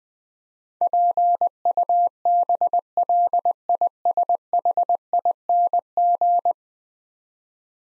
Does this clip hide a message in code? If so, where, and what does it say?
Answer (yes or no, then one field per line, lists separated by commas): yes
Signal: Morse code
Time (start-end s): 0.8-6.5 s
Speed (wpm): 21 wpm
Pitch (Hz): 700 Hz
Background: none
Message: PUBLISHING